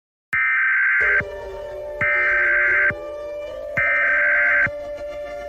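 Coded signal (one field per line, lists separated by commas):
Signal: Emergency Alert System (SAME) tones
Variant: header bursts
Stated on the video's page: Fictional EAS scenario; may or may not include valid EAS tones.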